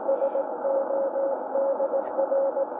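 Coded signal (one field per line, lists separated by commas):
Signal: Morse code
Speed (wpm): 17 wpm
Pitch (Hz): 550 Hz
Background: none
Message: SODR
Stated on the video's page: 60 metre CW received on a Tecsun S2200-x receiver with an end-fed antenna or internal loop.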